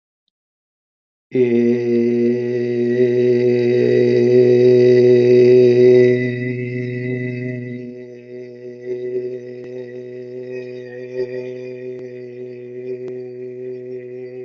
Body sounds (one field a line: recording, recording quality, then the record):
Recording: sustained vowel as in made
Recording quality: excellent, no background noise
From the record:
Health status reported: healthy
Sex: male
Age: 44 years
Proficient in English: yes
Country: India